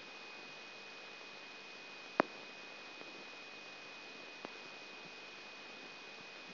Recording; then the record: brain microelectrode recording played as sound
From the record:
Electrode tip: outside the subthalamic nucleus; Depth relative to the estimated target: -8 mm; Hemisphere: left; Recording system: AlphaMap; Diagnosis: Parkinson's disease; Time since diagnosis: 14 years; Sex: male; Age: 56 years